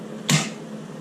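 A detachable steering wheel on a Duster is pushed back onto the quick-release hub on the steering column and latches with a single sharp click at 0.3 s over a faint steady hum. The wheel is locked into place.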